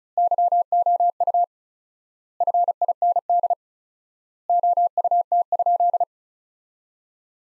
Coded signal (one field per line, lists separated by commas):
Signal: Morse code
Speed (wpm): 34 wpm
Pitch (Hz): 700 Hz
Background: none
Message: YOU FIND OUT?